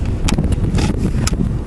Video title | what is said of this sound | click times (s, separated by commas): Typhoon H Wizard Wand operation Part 1 | if you push it like that you see this gap this battery is not seated | 0.3 s, 1.3 s